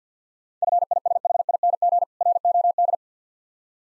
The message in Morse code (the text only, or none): FISHING ROD